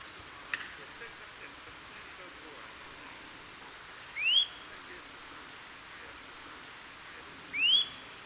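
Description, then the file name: Eurasian nuthatch producing two upslurred whistles roughly three seconds apart, preceded by a brief click. "Sitta europaea"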